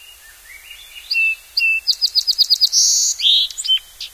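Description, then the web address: Song sparrow song: a few introductory notes, then a fast trill of repeated notes, a buzz and a jumble of high twitters, about three seconds long. "Songs of Birds of North America Know Your Bird Sounds. Song Sparrow"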